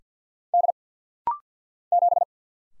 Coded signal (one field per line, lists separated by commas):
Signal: Morse code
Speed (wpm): 50 wpm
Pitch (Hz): 700 Hz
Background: none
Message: D 7